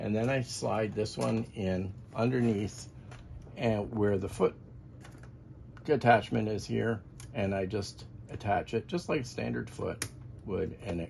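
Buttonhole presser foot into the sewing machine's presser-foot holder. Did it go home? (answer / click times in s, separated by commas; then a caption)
yes / 5.0 s, 5.2 s. A buttonhole presser foot is slid in underneath the sewing machine's presser-foot holder and attached like a standard snap-on foot. Someone talks throughout, and during a pause two quiet, sharp clicks are heard at 5.1 s and 5.2 s as the foot seats and is attached.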